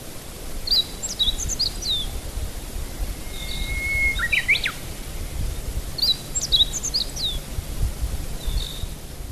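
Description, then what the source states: Meadow bunting singing short, quick phrases of high chirps and slurred notes, repeated about every five seconds; a long flat whistle and rising notes come between them, with low rumbling noise. Recorded 26 May 2008.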